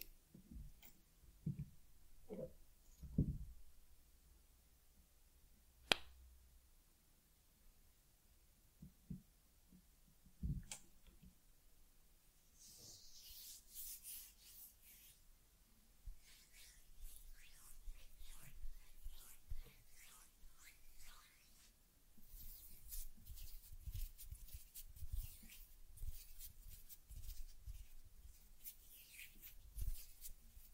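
Teddy gets a grooming session: scattered soft thumps and taps in the first half, with a couple of sharp clicks near 6 and 11 seconds. From about 13 seconds on, steady bright scratchy rubbing and brushing strokes take over, dense and continuous, like fur being combed.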